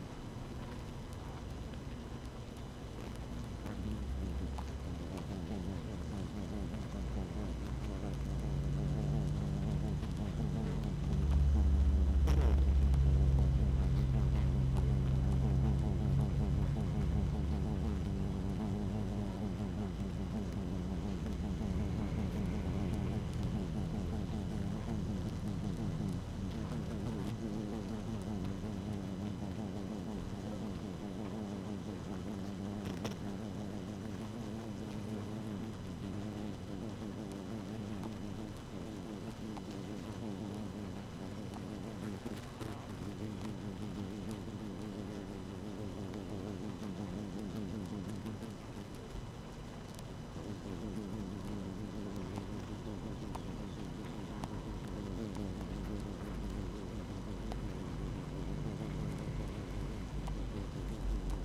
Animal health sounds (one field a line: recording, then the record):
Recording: honeybee colony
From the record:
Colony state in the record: active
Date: 12 June 2018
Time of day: 6:37